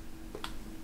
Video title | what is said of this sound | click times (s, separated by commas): 에어팟 프로 홍콩 직구 언박싱!! | 딸깍 소리가 나며 이렇게 끼어지게 되는데요. | 0.4 s